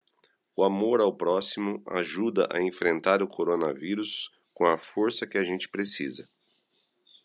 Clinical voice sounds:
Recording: spoken sentence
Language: Brazilian Portuguese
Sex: male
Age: 40 to 49 years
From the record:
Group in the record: control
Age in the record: 42 years

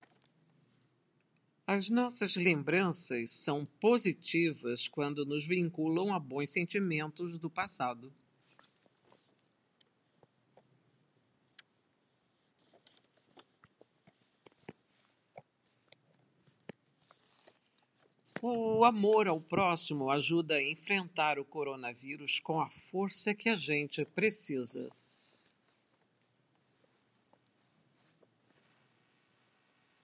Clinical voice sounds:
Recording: spoken sentence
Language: Brazilian Portuguese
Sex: female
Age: 60 to 69 years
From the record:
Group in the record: control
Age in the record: 69 years

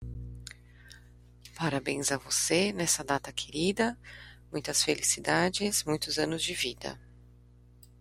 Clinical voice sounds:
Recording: short text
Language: Brazilian Portuguese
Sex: female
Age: 30 to 39 years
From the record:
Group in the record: control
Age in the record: 32 years

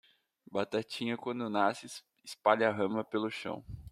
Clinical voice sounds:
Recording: short text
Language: Brazilian Portuguese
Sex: male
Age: 20 to 29 years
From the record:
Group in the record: control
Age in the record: 24 years

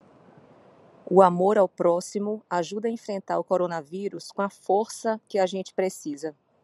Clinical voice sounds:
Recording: spoken sentence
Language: Brazilian Portuguese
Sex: female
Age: 40 to 49 years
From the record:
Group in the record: control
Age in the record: 48 years

